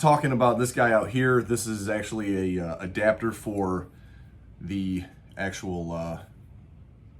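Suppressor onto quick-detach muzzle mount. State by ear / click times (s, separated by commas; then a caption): not seated / none. A man talks while handling a metal Dead Air suppressor and its quick-detach mount adapter on the firearm; the suppressor is meant to snap onto the mount, twist and lock into place. Nothing has seated or clicked yet, and only speech is heard.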